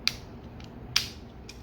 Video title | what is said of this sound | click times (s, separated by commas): Edoggz Reviews: Transformers Siege WFC Leader Astrotrain | pops into place | 0.1 s, 1.0 s